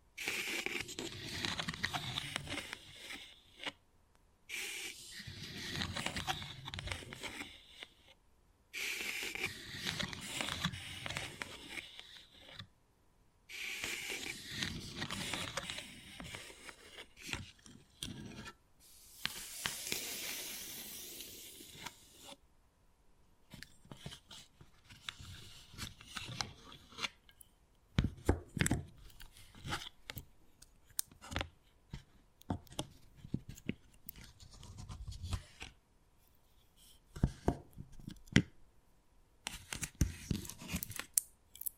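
Wood carving with bursts of scraping and scratching broken by short silences, then sparse sharp taps and clicks during the second half.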